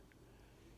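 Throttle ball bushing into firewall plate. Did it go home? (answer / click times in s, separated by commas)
yes / 0.1 s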